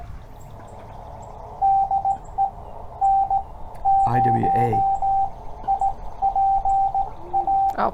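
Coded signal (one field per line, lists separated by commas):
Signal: Morse code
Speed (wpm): 19 wpm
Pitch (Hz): 780 Hz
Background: speech, radio noise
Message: DE N0IPA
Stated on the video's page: CW copy practice with paper and pencil.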